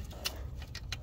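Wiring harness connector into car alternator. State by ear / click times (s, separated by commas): not seated / none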